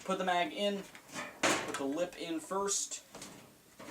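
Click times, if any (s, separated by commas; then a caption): none. Someone talks while handling a magazine at the magazine well of a black A&K Dragunov SVD airsoft sniper rifle replica, getting ready to rock it in front lip first. Brief handling rustles can be heard between the words around 1.5 s and 2.8 s. Nothing has seated or clicked yet.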